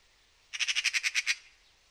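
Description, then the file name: Eurasian magpie giving a dry rattling chatter, about eight rapid harsh notes in under a second. "Pica pica"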